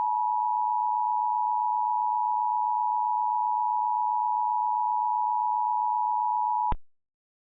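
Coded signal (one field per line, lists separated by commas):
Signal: Emergency Alert System (SAME) tones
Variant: 853 and 960 Hz attention tone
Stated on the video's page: Mock alert, not a real broadcast.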